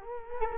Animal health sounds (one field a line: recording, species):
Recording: mosquito wingbeat signal from an infrared sensor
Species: Culex quinquefasciatus